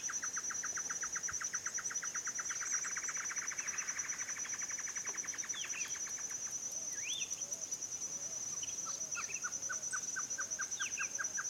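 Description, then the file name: Great Antshrike song: a long run of short, even notes repeated rapidly for several seconds, then a second series near the end, over a steady high insect whine and other bird chirps. Male and female pair calling; Esperanza; 27 February 2017. "Chororó-Macho-y-Hembra Esperanza 27-02-2017"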